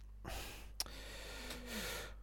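Two long, airy, rasping breaths sit about a second and a half apart, with a faint low hum and a single click between them. A sleeping female dog snoring loudly, an ordinary sleep sound, against quiet indoor background noise.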